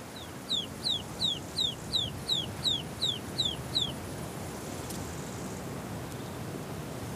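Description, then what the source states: Ptarmigan chick calls: a regular run of about ten high, thin descending piping notes, roughly three per second, then only quiet background hiss. Chicks' loud, plaintive contact calls reuniting the family; complex terrain of hollows, ditches, boulders and shrubs where staying in touch is hard; Dead Mountains.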